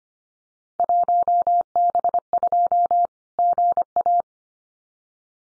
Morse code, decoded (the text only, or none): 1B2 GA